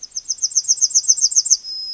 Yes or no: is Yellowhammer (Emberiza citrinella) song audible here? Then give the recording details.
yes. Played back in forest. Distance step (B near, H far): B. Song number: 016